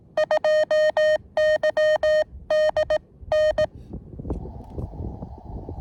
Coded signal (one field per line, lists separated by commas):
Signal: Morse code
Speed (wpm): 18 wpm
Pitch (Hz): 620 Hz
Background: none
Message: 2YDN